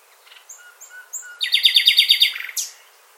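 Bird song: a few soft whistled notes, then a loud rapid trill of evenly spaced chirps ending in a sharp downward note.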